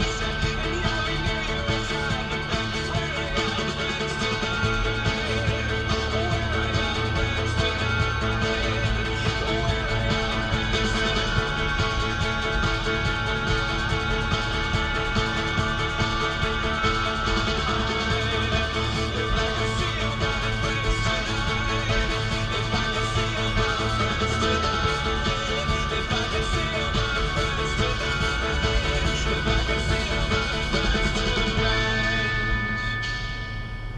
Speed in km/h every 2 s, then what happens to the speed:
11, 11, 15, 24, 31, 27, 24, 19, 19, 24, 23, 21, 26, 27, 31, 27, 19.
0-8 speeds up to 31. 8-14 slows to 19. 14-22 steady at about 21. 22-29 speeds up to 31. 29-34 slows to 19.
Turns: none.